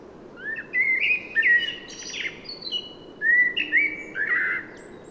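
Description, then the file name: Common blackbird singing two mellow, fluting phrases separated by a brief gap, the first ending in high, scratchy squeaks. "Turdus merula"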